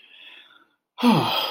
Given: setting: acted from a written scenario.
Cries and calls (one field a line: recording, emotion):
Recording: vocal sound without words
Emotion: relief